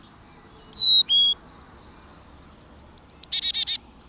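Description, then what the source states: Carolina chickadee whistling three clear notes, each lower than the last, then after a pause a few high notes followed by a quick run of buzzy dee notes. Found in the southeastern U.S.; close cousin of the black-capped chickadee.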